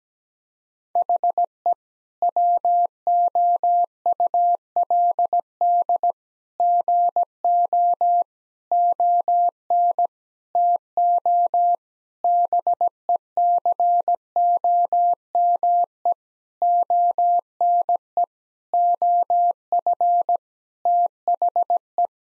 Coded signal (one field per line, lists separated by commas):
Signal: Morse code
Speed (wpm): 17 wpm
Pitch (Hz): 700 Hz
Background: none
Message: HE WOULD GO ON TO BECOME ONE OF THE